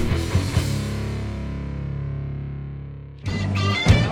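A snippet of acoustic music: a full chord rings out and slowly fades for about three seconds, then a bright new passage of strummed, layered notes begins. No voices.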